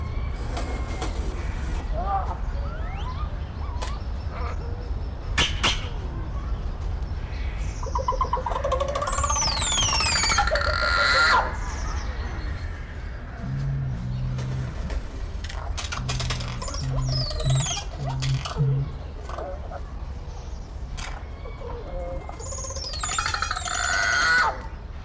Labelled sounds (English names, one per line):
Crested Oropendola